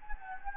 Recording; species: mosquito wingbeat signal from an infrared sensor; Anopheles gambiae